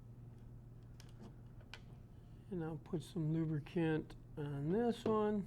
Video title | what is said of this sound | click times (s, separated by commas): Coolant Adaptor 1080 (Part No.: 625X-31945-BET) | and it'll snap right in there | 1.7 s